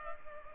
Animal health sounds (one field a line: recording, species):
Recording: mosquito wingbeat signal from an infrared sensor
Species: Culex pipiens